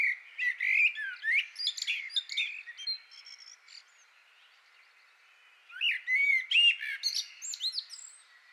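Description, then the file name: Common blackbird song, an opening run of slurred squeaky notes, a short pause, then a second twittering phrase of rising and falling chirps. "Turdus merula"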